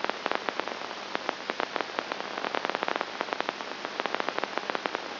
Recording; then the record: brain microelectrode recording played as sound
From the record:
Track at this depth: outside the subthalamic nucleus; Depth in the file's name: 0.109 mm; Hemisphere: left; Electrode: 2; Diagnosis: Parkinson's disease